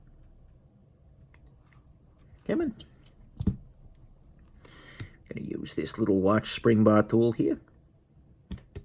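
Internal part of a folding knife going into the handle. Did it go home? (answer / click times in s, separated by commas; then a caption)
yes / 8.5 s, 8.8 s. During reassembly of a SOG Terminus XR folding knife, a small internal part is pushed into the handle with a watch spring bar tool, with faint scraping and tapping while someone talks. The part pops into its seat in the handle with clicks at 8.5 s and 8.8 s.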